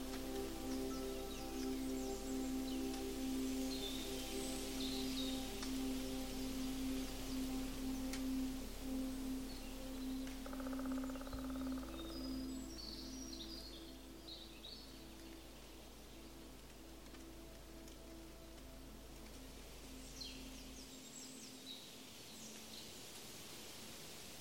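An outdoor forest scene with a steady low hum and sustained droning tones through the first half, thinning after about eleven seconds, with the deep rumble ending near twenty-one seconds. High, bright bird chirps come in short bursts at the start, around twelve seconds and near the end.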